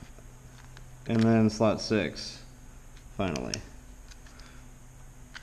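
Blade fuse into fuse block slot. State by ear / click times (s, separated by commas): not seated / none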